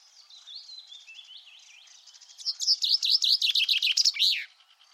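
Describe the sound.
Common chaffinch song, a fast cascading series of sharp notes ending in a flourish, preceded by softer, wavering notes.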